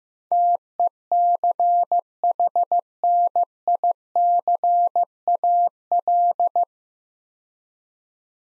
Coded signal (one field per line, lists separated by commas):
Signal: Morse code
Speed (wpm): 16 wpm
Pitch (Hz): 700 Hz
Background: none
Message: TECHNICAL